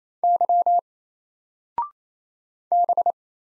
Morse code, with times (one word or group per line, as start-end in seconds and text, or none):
0.2-0.8 Y
2.7-3.1 B